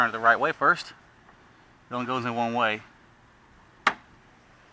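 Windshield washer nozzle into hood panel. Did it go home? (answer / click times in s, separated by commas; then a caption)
yes / 3.9 s. Someone talks while a windshield washer sprayer nozzle is turned the right way and pushed into its hole in the hood panel. After a pause, a single sharp, brief click at 3.9 s marks the nozzle snapping into place, seated in the hood.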